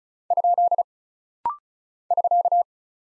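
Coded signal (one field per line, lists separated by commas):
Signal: Morse code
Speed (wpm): 36 wpm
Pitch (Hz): 700 Hz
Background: none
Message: ? <SK>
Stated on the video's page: Rapid-fire head-copy drill of single punctuation and prosign characters at 35 wpm, each character sent in Morse twice.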